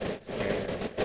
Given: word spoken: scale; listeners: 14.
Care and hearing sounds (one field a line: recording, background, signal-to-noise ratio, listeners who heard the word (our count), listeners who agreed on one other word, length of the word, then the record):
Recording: one English word in noise, from a listening test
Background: noise modulated by three-talker babble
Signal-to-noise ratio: -5.5 dB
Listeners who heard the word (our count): 0 of 14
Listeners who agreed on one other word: 12 of 14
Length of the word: 0.65 s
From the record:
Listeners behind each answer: 12, 1, 1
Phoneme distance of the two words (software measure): 27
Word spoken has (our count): 1 syllable, 4 phonemes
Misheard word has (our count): 2 syllables, 5 phonemes, stress on syllable 1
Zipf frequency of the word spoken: 4.72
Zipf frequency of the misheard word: 4.59